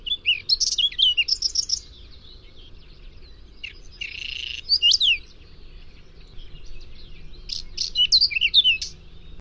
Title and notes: Lyden av buskskvett by forskningno